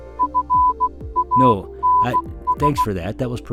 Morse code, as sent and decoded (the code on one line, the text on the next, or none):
..-. .- -. ...
FANS